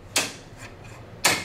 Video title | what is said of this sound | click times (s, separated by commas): Multi-Needle Emb Tutorial - "Life is Sweet" Block - Pt 2 from Red, White, and Bloom, by Kimberbell | and you want it to click two times and make sure you get it hooked in on both sides just like that that was easy enough | 0.2 s, 1.2 s